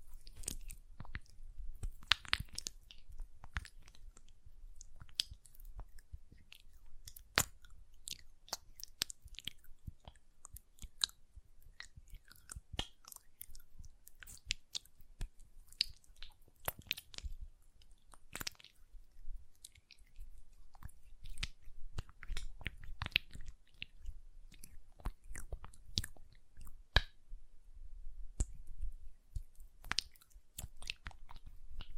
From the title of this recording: ASMR Hand Sounds, Nail Tapping and Lotion Sounds